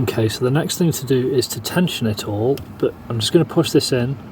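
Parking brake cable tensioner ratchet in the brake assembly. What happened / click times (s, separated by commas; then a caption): Handled, not yet home: no seating click before the clip ends / none. On a Volvo XC90, the parking brake cable tensioner ratchet in the brake assembly is being handled, to be pushed in two clicks before the cable is tensioned so there is room for adjustment. Someone talks throughout, with faint background noise. Nothing has clicked or seated yet when the clip ends.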